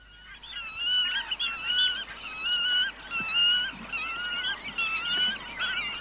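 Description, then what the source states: Black-tailed Godwit calls: nasal, harmonic notes repeated in quick bouts, several birds overlapping. Field recording from Sweden.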